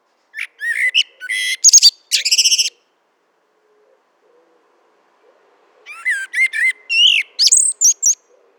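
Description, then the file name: Eurasian blackbird song: two bursts of rich fluted phrases with harmonics, each about two seconds long with squeaky twittered endings, separated by roughly three seconds of silence. "Turdus merula"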